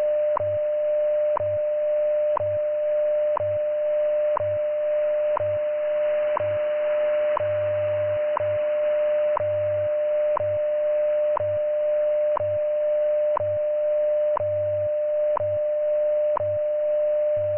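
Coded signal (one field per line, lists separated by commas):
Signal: radio time signal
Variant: WWV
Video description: Includes the top of the hour station ID and the full minute 1 660 Hz tone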